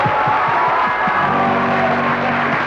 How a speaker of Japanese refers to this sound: 温かい拍手を、はい、 拍手を。